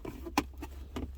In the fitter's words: push it down until it locks into place